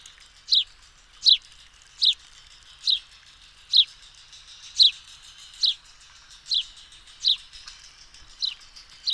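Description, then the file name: House sparrow chirps: about eleven short, sharp, downward-sliding notes in a fairly even series, with a faint hiss behind. "Passer domesticus"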